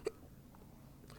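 An adult man's sudden, sharp, clicking catch of breath at the start, followed about a second later by a fainter second one, against a quiet indoor background. These are hiccups, coming frequently: involuntary diaphragm spasms cut off abruptly by the closing vocal cords.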